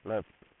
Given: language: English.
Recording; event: throat vibration sensor signal played as sound; speech